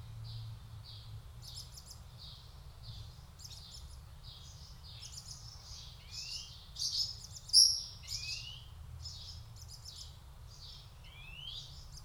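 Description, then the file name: European greenfinch calling: a scatter of high chirps joined by several quick rising, wheezy upslurred notes in the second half, against a quiet low hum. "Chloris chloris"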